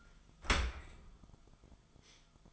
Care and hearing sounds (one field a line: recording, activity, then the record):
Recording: daily activity, microphone in the room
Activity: open dishwasher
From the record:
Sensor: 5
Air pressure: 1004.7 hPa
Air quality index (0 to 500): 93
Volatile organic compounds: 2 ppm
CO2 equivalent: 1124 ppm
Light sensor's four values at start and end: 33/77/31/30 and 32/75/30/30